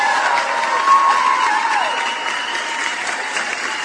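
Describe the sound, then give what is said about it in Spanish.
An applause and cheering sound effect: a steady wash of crowd applause with cheering mixed in, dense clapping sustained at an even, fairly loud level for a few seconds, with a few brief whistle-like tones rising above it. “¿Qué pasó con los aplausos? ¿Dónde están? Ahí están.”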